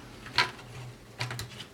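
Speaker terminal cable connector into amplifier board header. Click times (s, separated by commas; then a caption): 0.4 s. During a no-sound repair of a Harman Kardon HS 250/HS 200 receiver, the cable connector from the speaker terminals is pushed into its plastic header on the amplifier board. A sharp click at 0.4 s marks the retainer catching, followed by a few softer ticks around 1.2–1.4 s and at 1.8 s. The wire-to-board connector is fully seated.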